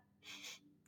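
A brief, harsh, hissing sniff through a blocked nose, typical of nasal congestion, in a woman about 20 weeks pregnant who has had months of congestion, partly pregnancy congestion, together with a cough.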